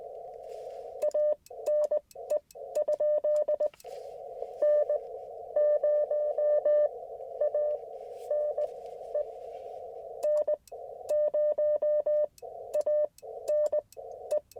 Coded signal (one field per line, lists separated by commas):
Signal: Morse code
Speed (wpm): 20 wpm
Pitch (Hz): 600 Hz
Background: radio noise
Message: ANE ? N0ANE N0ANE